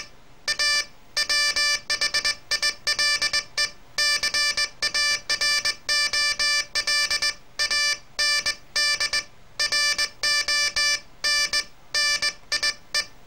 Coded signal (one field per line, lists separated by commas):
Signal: Morse code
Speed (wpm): 20 wpm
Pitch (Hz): 1750 Hz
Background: none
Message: A WHILE CAROL AND RONNIE